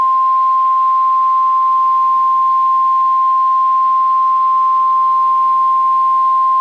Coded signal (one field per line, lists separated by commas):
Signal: Emergency Alert System (SAME) tones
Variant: 1050 Hz attention tone